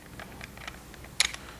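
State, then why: Seated. A small catch on the mounting clip of a Milwaukee M12 cordless work light is worked by hand, with faint light ticks and handling clicks at about 0.2, 0.4 and 0.7 seconds. A sharp, loud click at 1.2 seconds, followed by a softer tick at about 1.4 seconds, marks the catch locking the clip in place so it can be wrapped around something like a door handle.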